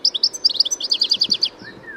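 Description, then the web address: Bird call series, about a dozen quick, high, evenly spaced chirps over a second and a half, ending with a faint thin whistle. "Deverinetal 2025 File origin Bird Only"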